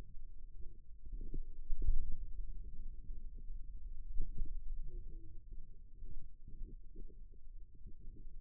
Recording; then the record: forearm muscle sounds (acoustic myography)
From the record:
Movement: pen grasping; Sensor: system 2, bracelet of six BSWA MPA416 microphones around the upper forearm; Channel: 2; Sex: male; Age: 22 years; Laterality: right